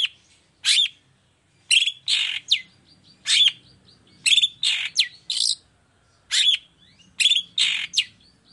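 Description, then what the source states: Long-tailed shrike song: short phrases of harsh chattering notes with clear whistled tones, repeated with brief gaps. Morning; gacor (vigorous full song) with a clear voice, 'toet toet' notes and varied sounds, said to be easy for any kind of shrike to imitate.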